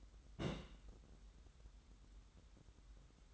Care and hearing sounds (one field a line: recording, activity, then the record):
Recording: daily activity, microphone in the room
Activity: place on stove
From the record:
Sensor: 3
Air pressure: 994.4 hPa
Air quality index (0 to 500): 212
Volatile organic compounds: 1000 ppm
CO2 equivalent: 7069 ppm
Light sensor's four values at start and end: 198/478/201/200 and 198/478/201/200